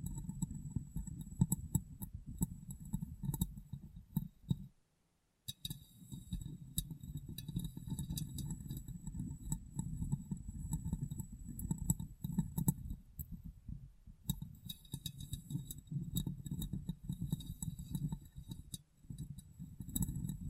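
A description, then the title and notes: Light tapping and rubbing on glass, with a steady low rumbling texture underneath and frequent bright, sharp ticks and clinks scattered throughout. The sound cuts out completely for a moment around five seconds, then resumes with the same dense tapping until the end. ASMR Glass Brain Tapping & Cleaning (No Talking).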